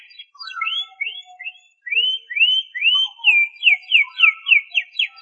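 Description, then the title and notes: Canary song: rising whistled slurs repeated in series, then a run of quick downward-sweeping notes. "BM Suara Kenari. BM Suara Burung Kenari"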